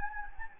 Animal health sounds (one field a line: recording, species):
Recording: mosquito wingbeat signal from an infrared sensor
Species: Anopheles gambiae